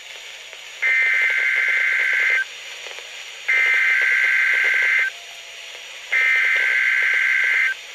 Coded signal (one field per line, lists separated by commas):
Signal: Emergency Alert System (SAME) tones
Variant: header bursts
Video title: Winter Storm Warnings for MD/DC/VA/WV [EAS 1024-1029 | 4x Header] | NOAA Weather Radio (2/11/2014)